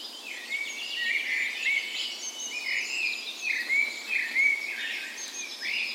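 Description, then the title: Birds in a dawn chorus: overlapping whistled song notes, continuous throughout. Dawn chorus in a park west in Bergen, Norway, on the morning of 17 May, Norway's National Day, in spring; Sony PCM A10 recorder with LOM micro Usi microphones used as tree ears. "17th Of May Dawn Chorus"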